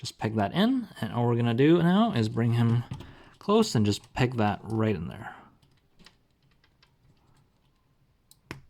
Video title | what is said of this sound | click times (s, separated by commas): SAINT SEIYA: SAINT CLOTH MYTH EX - ALPHA DUBHE SIEGFRIED | just like that nice little click so now he has a | 8.5 s